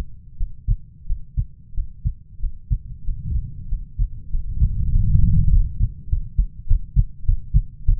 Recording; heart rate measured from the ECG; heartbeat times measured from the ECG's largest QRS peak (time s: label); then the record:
heart sounds by stethoscope; 96 bpm
0.35 s: heartbeat
1.04 s: heartbeat
1.72 s: heartbeat
2.38 s: heartbeat
3.02 s: heartbeat
3.66 s: heartbeat
4.28 s: heartbeat
4.89 s: heartbeat
5.48 s: heartbeat
6.07 s: heartbeat
6.65 s: heartbeat
7.23 s: heartbeat
7.83 s: heartbeat
From the record:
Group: healthy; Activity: Valsalva maneuver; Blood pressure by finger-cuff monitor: 65/55 mmHg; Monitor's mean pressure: 56 mmHg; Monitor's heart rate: 94 bpm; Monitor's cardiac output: 5.4 L/min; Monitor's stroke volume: 62 mL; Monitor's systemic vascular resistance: 690 dyn s/cm5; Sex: male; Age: 20 years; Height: 187 cm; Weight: 68.9 kg